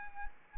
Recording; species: mosquito wingbeat signal from an infrared sensor; Anopheles arabiensis